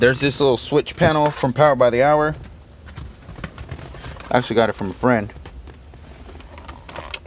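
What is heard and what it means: Someone talks while handling a small plastic Power by the Hour shifter switch panel for a 6R80 SelectShift setup near its dash mounting opening in the car's interior trim. Short, light handling taps and knocks come at about 3.0 to 4.2 s and again near 6.9 to 7.3 s. Nothing has seated or clicked into the mount yet.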